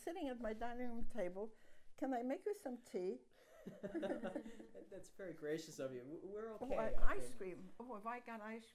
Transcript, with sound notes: You're sitting at my dining room table. Can I make you some tea? [laughter]
That's very gracious of you. We're okay.
Oh, I have ice cream. Oh, have I got ice cream.